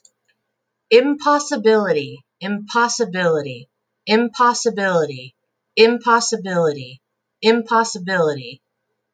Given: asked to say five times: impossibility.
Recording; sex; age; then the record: repeated word; female; 40 to 49 years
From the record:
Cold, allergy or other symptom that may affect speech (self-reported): no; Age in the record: 40 years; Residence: Alaska, United States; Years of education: 17